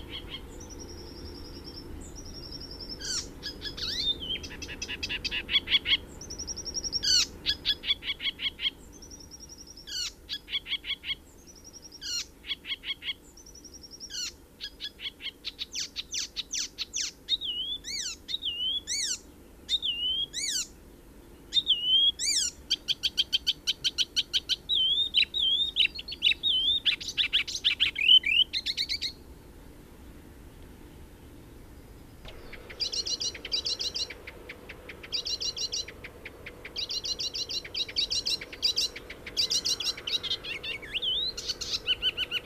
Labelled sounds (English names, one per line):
Icterine Warbler